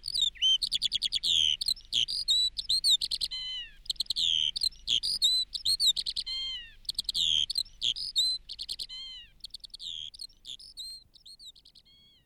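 Eurasian skylark song: a rapid stream of high twittering and warbling notes with quick slurred whistles, fading toward the end.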